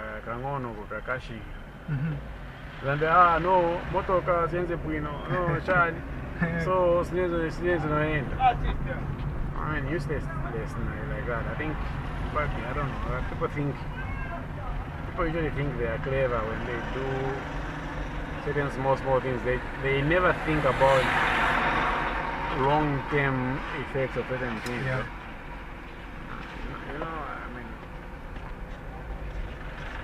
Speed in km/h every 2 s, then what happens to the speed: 7, 10, 18, 25, 28, 24, 20, 16, 14, 11, 12, 7, 4, 5, 11.
0-7 speeds up to 28. 7-23 slows to 4. 27-30 speeds up to 11.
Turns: none.